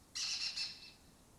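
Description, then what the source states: Lesser kestrel call, a single harsh, high rasping note lasting under a second, then quiet. Colony of migratory lesser kestrels breeding in an abandoned building in Doñana, southern Europe; they forage in West Africa.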